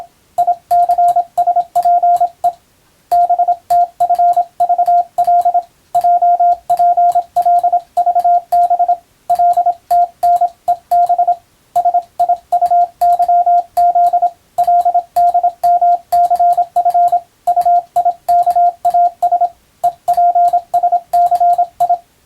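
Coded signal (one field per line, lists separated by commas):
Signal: Morse code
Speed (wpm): 26 wpm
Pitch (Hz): 700 Hz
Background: radio noise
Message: ICSPE BTFVL JPLVB LTNEB SIUYZ LDMCF UIKAS EPSCI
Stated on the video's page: Morse code reception practice of telegram-style text for radiotelegraph operators, intended to be played at adjustable speed.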